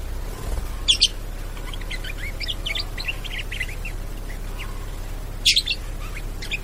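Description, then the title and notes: Bird twittering softly in a run of small chirps, framed by two loud sharp bursts, over low hum. Bird ringtone with melodious sounds. "Burung Dengan Suara Merdu"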